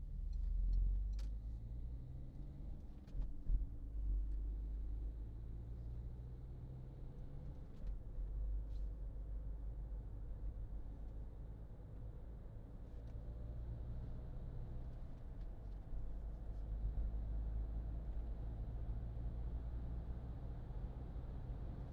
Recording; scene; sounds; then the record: everyday scene through a hearing-aid microphone; in a vehicle; engine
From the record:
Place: Berlingo II, diesel engine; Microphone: in the ear canal, left